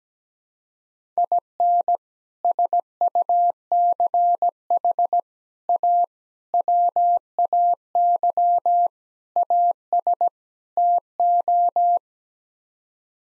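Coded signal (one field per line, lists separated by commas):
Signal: Morse code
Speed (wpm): 17 wpm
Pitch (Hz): 700 Hz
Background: none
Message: IN SUCH A WAY AS TO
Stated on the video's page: Morse sent at 17 wpm as head-copy practice of common six-word groups, each sent, then repeated after being spoken.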